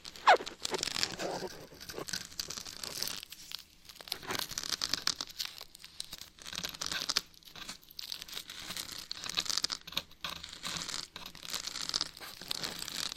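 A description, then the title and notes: Scratching goes on in uneven bursts for the whole stretch, a dry, rasping, papery sound that is mostly bright and hissy. The strokes come in irregular clusters with short silent gaps, and a single sharp, louder scrape stands out right at the start. ASMR Brain Melting Scratching (No Talking).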